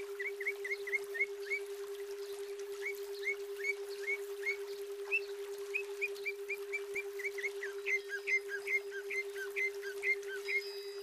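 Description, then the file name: Greater green leafbird uttering bursts of quick chirps, varying from paired notes to longer rapid series, with a continuous low hum. Female bird. "cucak ijo betina"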